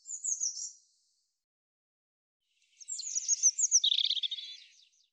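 European robin song: a brief high thin phrase, a two-second pause, then a longer tumbling warble of rapid, twittering notes that descends and fades.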